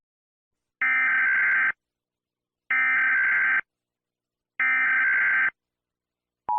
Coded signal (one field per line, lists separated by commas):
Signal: Emergency Alert System (SAME) tones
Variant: header bursts